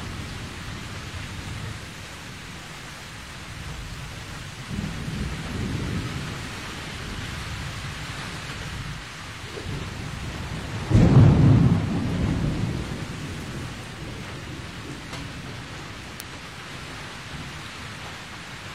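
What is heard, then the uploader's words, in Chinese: A thunderstorm outside a window: steady rain hisses throughout while low thunder rumbles swell near 5 seconds and crack loudest around 11 seconds. 窗外雷雨。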